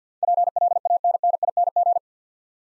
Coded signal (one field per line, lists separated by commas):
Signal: Morse code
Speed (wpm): 50 wpm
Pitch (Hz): 700 Hz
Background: none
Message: PLANNING